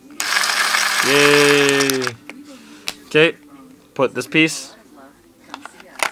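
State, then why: Seated. A Dye Rotor paintball loader (hopper) runs with a loud motorized whir from about 0.2 to 2.1 s, then someone talks during reassembly as an internal plastic piece is placed inside the loader shell. The piece is pushed down on one side and clicks into place at 6.0 s, seated.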